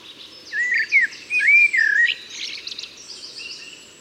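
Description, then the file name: Common blackbird song: a flowing run of rich, whistled notes rising and falling, then a squeaky, scratchy twitter trailing off. "Turdus merula"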